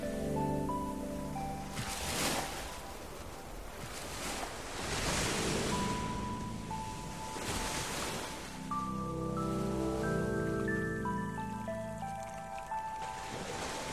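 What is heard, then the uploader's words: Waves wash in along the beach, with a surge of surf breaking roughly every two to three seconds over a steady rushing bed. Gusts of wind rumble low underneath, and faint sustained tones and wavering pitches drift through the background, thickening after the eighth second. Evening Walk Along The Beach. The summer walk on the beach.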